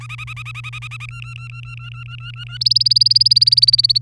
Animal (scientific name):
Serinus canaria